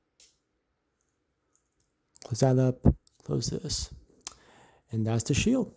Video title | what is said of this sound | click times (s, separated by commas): MG Wing Zero EW Custom Ver ka part 2 (individual parts) | and that will lock into place like so | 0.2 s